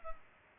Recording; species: mosquito wingbeat signal from an infrared sensor; Culex pipiens